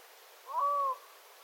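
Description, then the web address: Black-throated loon call: one smooth, tonal, slightly wavering note held for about half a second, with no other sounds. Adult loons calling, recorded 9 September 2025. "paivat 9 9 2025 aikuisten kuikkien aantelya aika hyva"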